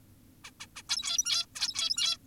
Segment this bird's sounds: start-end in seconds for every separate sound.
0.44-0.51, 0.60-0.67, 0.76-0.82, 0.89-1.46, 1.56-2.18